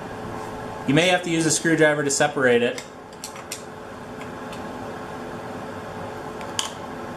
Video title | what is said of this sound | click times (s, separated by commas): Honda Cb750 fork seal replacement | should snap into place and that shouldn't go up any higher than where it was before | 6.6 s